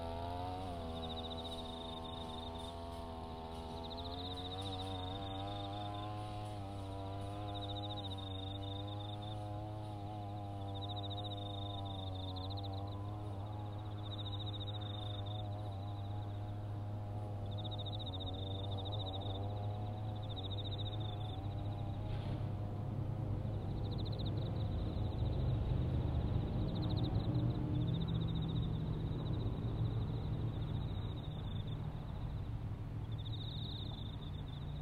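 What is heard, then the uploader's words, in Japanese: A grass cutter's engine drones steadily in a field, its pitch wavering slightly as it works and growing louder around the middle of the clip. Above it, autumn insects chirp in regular bright bursts every second or two throughout. 環境音 機械音あり サツマイモ畑の草刈り。サツマイモの畝間を行ったり来たり、ひたすら草刈り機で草刈りです。そして、夜も徐々に肌寒くなってきて、頑張っているのはひたすら相手を探す秋虫たちの鳴き声。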